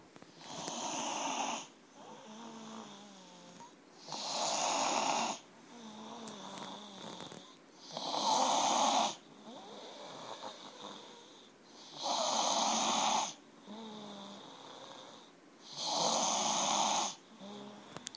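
Loud, rhythmic snoring from a sleeping adult, about 16 breaths per minute, with harsh rattling bursts alternating with quieter, tonal whistling breaths.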